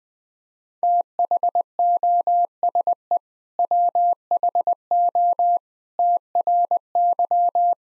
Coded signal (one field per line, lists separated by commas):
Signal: Morse code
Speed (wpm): 20 wpm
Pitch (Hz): 700 Hz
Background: none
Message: THOSE WHO TRY